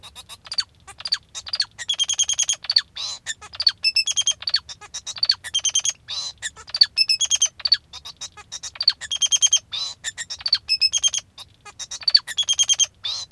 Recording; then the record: song of a male Bengalese finch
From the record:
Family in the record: father 2